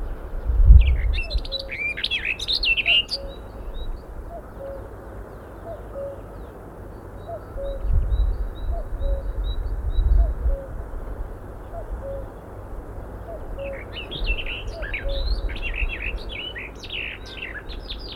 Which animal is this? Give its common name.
Barred Warbler